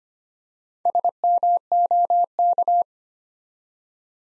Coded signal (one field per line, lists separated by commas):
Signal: Morse code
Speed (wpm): 25 wpm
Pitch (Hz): 700 Hz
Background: none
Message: SMOK